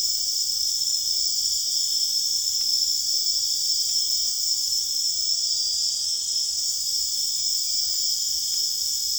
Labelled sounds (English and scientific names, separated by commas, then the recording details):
none
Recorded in secondary vegetation near Puerto Asís, Putumayo, Colombia, on 29 June 2025 at 00:30
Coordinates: 0.485, -76.322
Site GP06